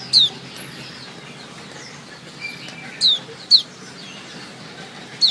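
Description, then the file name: White-eye calls: sharp, high, falling notes, a close pair in the middle and single notes at either end, over hiss. Female. "suara pleci betina omkicau"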